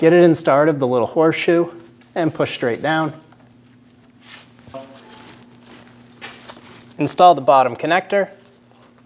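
Someone talks while the bottom wiring harness connector is being handled for installation onto the new neutral safety switch on the transmission of a 2001-2006 Chevrolet Silverado 2500 HD, with a steady low hum and a few faint taps and rustles between the talking. Nothing has seated or clicked yet.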